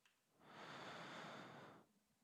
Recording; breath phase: one breath near a microphone; inhalation